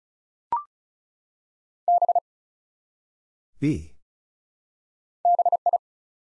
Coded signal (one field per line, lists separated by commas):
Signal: Morse code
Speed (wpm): 36 wpm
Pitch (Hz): 700 Hz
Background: none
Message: B BI